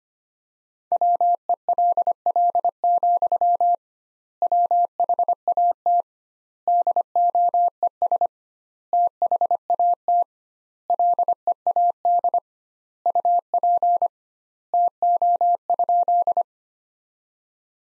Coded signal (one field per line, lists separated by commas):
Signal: Morse code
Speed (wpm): 25 wpm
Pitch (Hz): 700 Hz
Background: none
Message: WELL, WHAT DOES THAT LEAD UP TO?